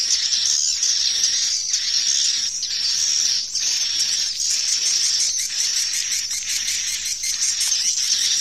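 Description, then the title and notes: Swiftlets chirping in a dense, continuous high-pitched chorus, with short louder bursts about once a second. Swiftlet farming, Asia. "Swiflet Bird Sound. Farming Swiflet Bird asia sound"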